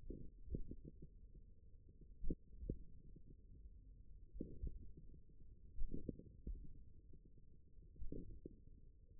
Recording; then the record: forearm muscle sounds (acoustic myography)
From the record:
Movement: finger pinch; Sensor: system 1, eight BSWA MPA416 microphones around the upper forearm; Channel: 7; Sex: male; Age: 41 years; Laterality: right